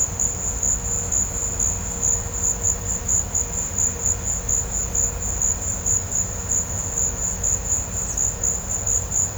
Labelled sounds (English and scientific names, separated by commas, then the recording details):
none
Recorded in pastures near Puerto Asís, Putumayo, Colombia, on 21 December 2024 at 16:00
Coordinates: 0.502, -76.324
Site G077